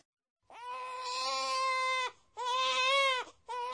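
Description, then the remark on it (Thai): A baby wails loudly in long, high, strained cries: two sustained bursts with a brief gasp between them, then a third cry starting. No talking. “เสียงทารกกำลังร้องไห้จ้านะคะ ครับในภาษาญี่ปุ่นมีคำเรียนเสียงนี้ครับคือ โอเงียโอเงีย”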